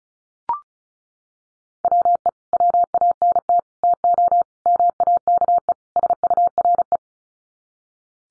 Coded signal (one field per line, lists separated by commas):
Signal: Morse code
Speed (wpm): 34 wpm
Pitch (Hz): 700 Hz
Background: none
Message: WE WANT TO MAKE SURE